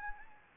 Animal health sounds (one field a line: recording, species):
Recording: mosquito wingbeat signal from an infrared sensor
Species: Anopheles gambiae